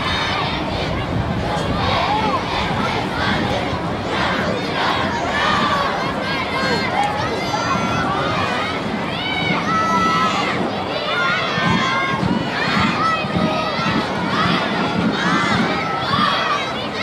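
A cheering children's parade fills the whole clip with a dense, steady crowd of voices, children shouting and chattering over one another. Short high shouts and whistle-like calls break out every second or two, and the overall loudness stays even from start to finish.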